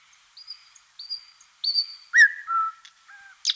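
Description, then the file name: Thrush nightingale song: three soft, level high whistles that grow louder, then a strong falling whistle, a lower drawn note and a sharp burst to close. "solovey obyknovennyy golos"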